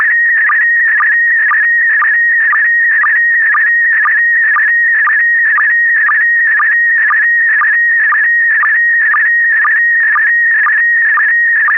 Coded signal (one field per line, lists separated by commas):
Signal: SSTV (slow-scan television)